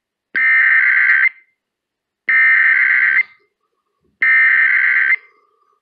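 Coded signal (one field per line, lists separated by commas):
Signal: Emergency Alert System (SAME) tones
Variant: header bursts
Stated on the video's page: Required Weekly Test on AM radio station 1580.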